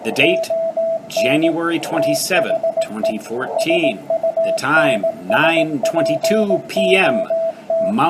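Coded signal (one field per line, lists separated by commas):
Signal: Morse code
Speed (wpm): 18 wpm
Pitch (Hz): 660 Hz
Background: speech, radio noise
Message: ON THE SUNSPOT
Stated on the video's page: Signals below 7 MHz heard through noise.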